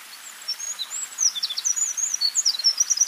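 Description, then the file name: Eurasian wren singing a fast, high-pitched run of tinkling, twittering notes that starts softly and grows louder and denser, with faint background hiss. "Troglodytes troglodytes"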